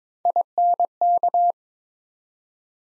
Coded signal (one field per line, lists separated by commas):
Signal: Morse code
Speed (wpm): 21 wpm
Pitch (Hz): 700 Hz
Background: none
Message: INK